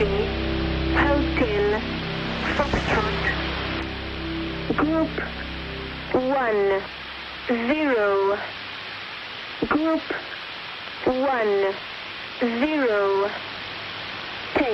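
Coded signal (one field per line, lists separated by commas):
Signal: numbers station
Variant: English phonetic alphabet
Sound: a voice reading short words in static: Hotel, Foxtrot, group, one, zero, repeated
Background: radio static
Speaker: Every so often, these unlicensed stations will interrupt their usual drone of static with bizarre transmissions, unidentifiable voices reciting strings of seemingly random numbers.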